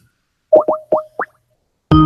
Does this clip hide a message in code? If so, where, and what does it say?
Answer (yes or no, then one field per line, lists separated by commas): no